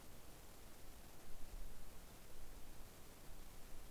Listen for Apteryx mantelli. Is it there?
no